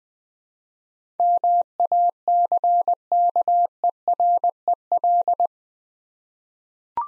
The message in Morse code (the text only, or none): MACKEREL